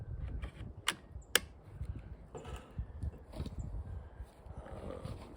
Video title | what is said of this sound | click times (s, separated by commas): April 18, 2023 | the battery, it just pushes in and clicks in place. | 1.4 s